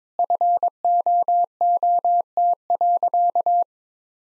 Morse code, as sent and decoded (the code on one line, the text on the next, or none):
..-. --- --- - .-.-.-
FOOT.